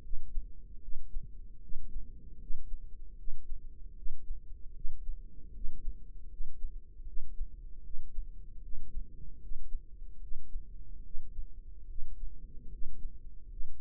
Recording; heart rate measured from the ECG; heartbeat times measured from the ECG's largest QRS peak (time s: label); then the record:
heart sounds by microphone in the right ear; 76 bpm
0.02 s: heartbeat
0.81 s: heartbeat
1.61 s: heartbeat
2.39 s: heartbeat
3.17 s: heartbeat
3.95 s: heartbeat
4.74 s: heartbeat
5.53 s: heartbeat
6.30 s: heartbeat
7.06 s: heartbeat
7.83 s: heartbeat
8.62 s: heartbeat
9.41 s: heartbeat
10.21 s: heartbeat
11.03 s: heartbeat
11.88 s: heartbeat
12.71 s: heartbeat
13.50 s: heartbeat
From the record:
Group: healthy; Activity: cold pressor test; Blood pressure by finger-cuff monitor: 142/94 mmHg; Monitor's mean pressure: 106 mmHg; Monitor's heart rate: 76 bpm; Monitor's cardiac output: 7.7 L/min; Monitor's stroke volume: 101 mL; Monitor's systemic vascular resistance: 1020 dyn s/cm5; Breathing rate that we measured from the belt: 17 breaths a minute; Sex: male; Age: 30 years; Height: 188 cm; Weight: 110.2 kg